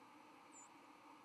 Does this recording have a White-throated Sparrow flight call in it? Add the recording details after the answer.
yes. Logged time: 07:20 on 31 October 2014